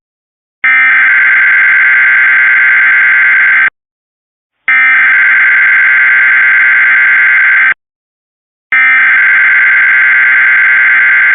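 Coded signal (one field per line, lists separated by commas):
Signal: Emergency Alert System (SAME) tones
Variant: header bursts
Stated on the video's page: Flash Flood Warning SAME tones screen-recorded from a live TV feed; unusually long due to many counties.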